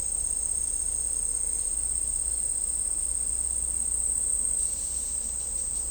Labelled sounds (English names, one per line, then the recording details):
none
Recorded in dense forest near Puerto Asís, Putumayo, Colombia, on 16 December 2024 at 11:30
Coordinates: 0.499, -76.324
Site G045